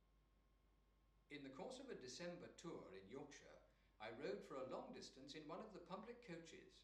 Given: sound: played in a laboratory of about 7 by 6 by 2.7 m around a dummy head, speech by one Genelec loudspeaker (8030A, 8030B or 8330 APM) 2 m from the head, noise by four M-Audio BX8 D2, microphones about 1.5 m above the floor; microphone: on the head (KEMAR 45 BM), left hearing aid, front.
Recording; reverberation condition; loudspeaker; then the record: male speech in English; medium; 30 degrees to the left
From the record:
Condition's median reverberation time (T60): about 510 ms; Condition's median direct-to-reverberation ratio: about -0.5 dB